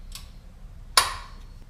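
A click-type torque wrench set to 20 foot-pounds tightens the oil drain plug into the oil pan of a Ford Escape. A faint tick sounds at 0.2 s, then the wrench gives a sharp, bright click at 1.0 s that rings briefly and fades. The drain plug is confirmed torqued down.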